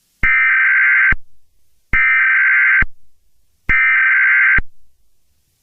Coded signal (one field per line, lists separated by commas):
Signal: Emergency Alert System (SAME) tones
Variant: header bursts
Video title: Old National Supers Department Emergency Alert System